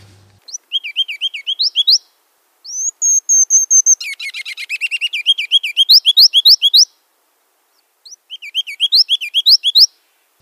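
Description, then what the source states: Ruby-crowned Kinglet song: thin, very high rising notes, then a quick run of level notes, then a long chattering run of rolling phrases; after a pause the song starts again. Male singing; played as a mystery sound.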